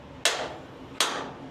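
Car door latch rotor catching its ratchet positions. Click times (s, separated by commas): 0.2 s, 1.0 s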